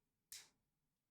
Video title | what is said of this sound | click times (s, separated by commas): Preserving your old photos from film negatives. | and pop it open. | 0.3 s